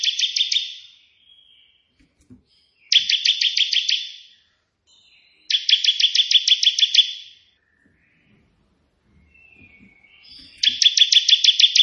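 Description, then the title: Prinia song: fast, even trills of several harsh notes, each over a second long, repeated with gaps of a few seconds. White prenjak song in three 'tembakan' variations, suitable for tutoring pet prenjak. "3 VARIASI TEMBAKAN prenjak putih ini COCOK untuk masteran prenjak anda"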